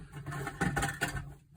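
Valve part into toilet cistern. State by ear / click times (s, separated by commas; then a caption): seated / 0.6 s, 0.8 s. A valve part is turned down into position inside a toilet cistern, with soft handling noise beforehand. Two sharp clicks come at 0.6 and 0.8 s, followed by another brief knock near 1.0 s. The valve part locks into place.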